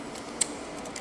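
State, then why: Not seated. A pistol slide is being fitted back onto its polymer frame during reassembly, with the recoil spring guide rod kept parallel. A sharp tick is heard at about 0.4 s and a softer one near 1.0 s over a low background hiss. The clip ends before the slide goes home, and nothing has seated yet.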